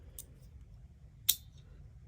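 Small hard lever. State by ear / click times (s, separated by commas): not seated / none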